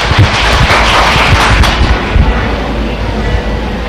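An audience claps in a dense, steady burst of applause that stays loud and fairly even for about four seconds, with no voices over it.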